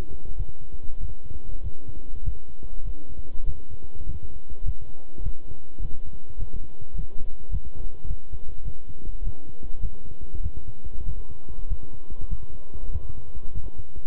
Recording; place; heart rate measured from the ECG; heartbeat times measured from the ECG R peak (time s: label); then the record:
heart sounds by stethoscope; between the tricuspid and mitral areas; 100 bpm
0.35 s: heartbeat
0.98 s: heartbeat
1.61 s: heartbeat
2.22 s: heartbeat
2.83 s: heartbeat
3.44 s: heartbeat
4.04 s: heartbeat
4.63 s: heartbeat
5.21 s: heartbeat
5.80 s: heartbeat
6.37 s: heartbeat
6.94 s: heartbeat
7.49 s: heartbeat
8.06 s: heartbeat
8.63 s: heartbeat
9.22 s: heartbeat
9.79 s: heartbeat
10.41 s: heartbeat
11.04 s: heartbeat
11.67 s: heartbeat
12.27 s: heartbeat
12.90 s: heartbeat
13.52 s: heartbeat
From the record:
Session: walking at 3.7 km/h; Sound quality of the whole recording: good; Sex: male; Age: 26 years